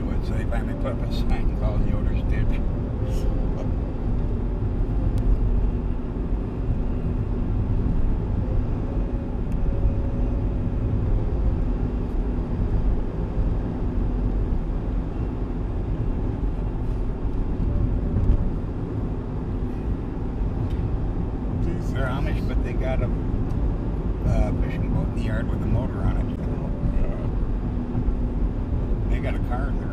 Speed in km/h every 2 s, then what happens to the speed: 77, 78, 78, 78, 78, 79, 79, 79, 80, 80, 80, 81, 79, 77, 75.
0-22 steady at about 79. 22-30 slows to 75.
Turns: none.